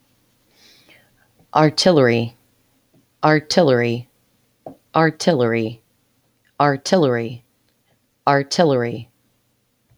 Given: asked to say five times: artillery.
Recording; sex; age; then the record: repeated word; female; 40 to 49 years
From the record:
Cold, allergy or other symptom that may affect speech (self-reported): no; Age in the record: 41 years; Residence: Oklahoma, United States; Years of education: 16